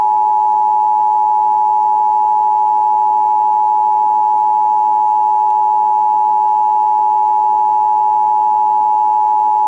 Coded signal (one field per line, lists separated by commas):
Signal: Emergency Alert System (SAME) tones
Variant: 853 and 960 Hz attention tone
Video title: Long Island Monthly EAS Test on WALK-FM and KTRMedia (5/4/23) (EAS 9785-9787)